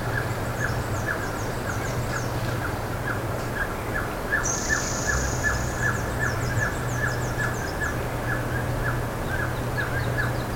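Bird calls: short notes near the middle of the range repeated a few times per second, with thin high buzzy notes above and a steady low hum underneath.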